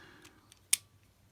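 A button is pressed on the toy helmet piece of a Gozyu Wolf Wild Power Up Set, a toy transformation device whose small spring-loaded plastic wings have just been tucked into its sides. A faint tick at 0.5 s is followed by a sharp, loud snap at 0.7 s as the wings spring back out and the light turns on.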